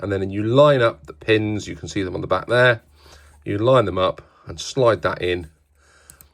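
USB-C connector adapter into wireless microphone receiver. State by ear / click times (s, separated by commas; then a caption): seated / 6.1 s, 6.2 s. A small USB-C connector adapter is lined up by its pins on the back of a DJI Mic Mini wireless microphone receiver and slid in while someone talks. After the talking stops, two sharp, short clicks are heard at about 6.1 and 6.2 seconds as the adapter seats into the receiver.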